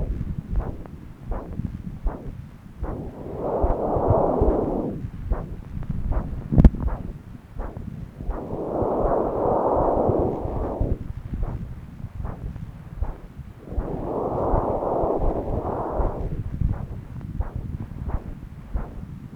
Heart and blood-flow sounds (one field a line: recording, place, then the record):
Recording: Doppler ultrasound of blood flow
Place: left subclavian vein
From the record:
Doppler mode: continuous wave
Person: adult scuba diver, at rest before a dive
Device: O'Dive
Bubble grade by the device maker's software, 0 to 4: 0